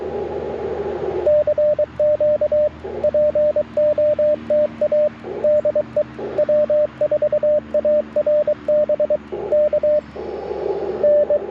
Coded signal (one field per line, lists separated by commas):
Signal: Morse code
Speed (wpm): 23 wpm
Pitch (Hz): 600 Hz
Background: radio noise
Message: CQ POTA DE W4ARB K N